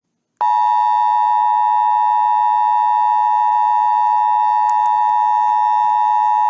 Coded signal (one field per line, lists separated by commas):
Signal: Emergency Alert System (SAME) tones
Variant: 853 and 960 Hz attention tone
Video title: A Very Looney Christmas Wedding - BBC Two - EAS - Air New Zealand Flight 124